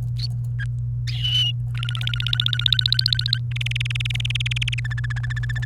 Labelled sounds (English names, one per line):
Domestic Canary song